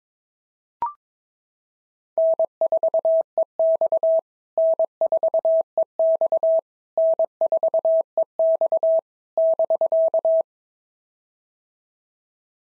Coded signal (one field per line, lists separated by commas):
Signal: Morse code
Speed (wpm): 22 wpm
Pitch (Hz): 650 Hz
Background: none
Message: N4EX N4EX N4EX <BK>